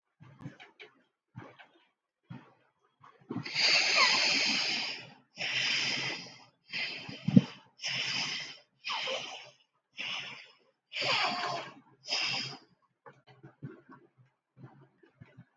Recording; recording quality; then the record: deep breathing; excellent, no background noise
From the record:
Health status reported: COVID-19 positive, mild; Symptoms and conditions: cough, cold, breathing difficulty, fever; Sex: male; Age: 23 years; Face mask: not worn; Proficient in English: yes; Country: India